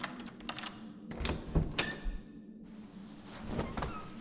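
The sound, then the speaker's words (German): A key rattles and turns in a lock, giving a few sharp metallic clicks and clunks, followed by a soft scrape and a thud of the latch, with no voices. “Als er erneut den Schlüssel hörte, betete er, dass es Miss Elsa sein möge.”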